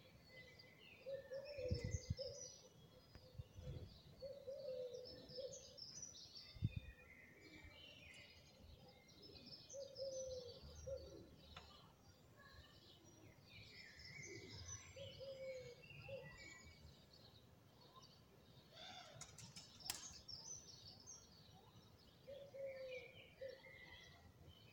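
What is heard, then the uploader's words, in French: Birds chirp and twitter busily throughout, with a repeated low cooing call about every four to five seconds. A few cars pass faintly, leaving soft low rumbles, and a brief burst of sharper clicks comes around twenty seconds. Rue des Bois Blancs à Lille, un mardi matin. Quelques voitures passent... et des oiseaux semblent plus fébriles que d'habitude.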